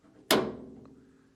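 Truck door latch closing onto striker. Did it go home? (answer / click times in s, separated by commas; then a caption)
partly / 0.3 s. A classic pickup truck door fitted with a newly installed Altman Easy Latch from Trique MFG is pushed shut so the latch closes onto the striker. A loud, sharp click and thunk at 0.3 s rings out briefly, followed by a faint tick around 0.9 s. The latch catches only on its first-stage safety catch, so the door is not yet fully latched.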